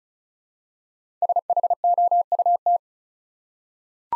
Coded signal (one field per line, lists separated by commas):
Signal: Morse code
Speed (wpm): 36 wpm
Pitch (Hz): 700 Hz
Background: none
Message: SHOUT